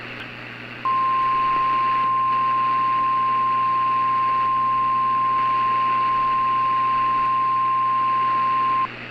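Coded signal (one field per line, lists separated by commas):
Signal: Emergency Alert System (SAME) tones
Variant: 1050 Hz attention tone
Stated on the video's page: Mock EAS alert.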